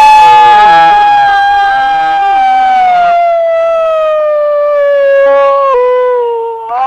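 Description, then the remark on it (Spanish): A person from Buenos Aires imitates a wolf howl with one long, sustained tone that slowly falls in pitch. It is loud and steady, with a brief wobble near the end and faint background chatter early on. “A ver, escuchemos el aullido.”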